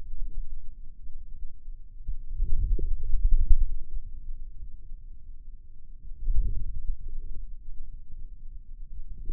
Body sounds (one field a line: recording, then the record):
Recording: forearm muscle sounds (acoustic myography)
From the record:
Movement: wrist flexion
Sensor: system 2, bracelet of six BSWA MPA416 microphones around the upper forearm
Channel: 4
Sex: male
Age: 22 years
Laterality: right